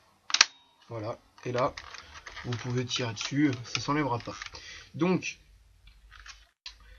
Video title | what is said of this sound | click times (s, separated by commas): ts4 carabine air-soft - français | on entendre le clip ici voilà | 0.3 s, 0.4 s